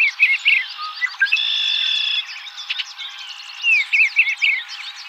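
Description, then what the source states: Eastern bluebird warbling: a busy run of clear whistled notes, slurred up and down, with a few held tones in the middle, continuing for about five seconds. Recorded 29 April 2007.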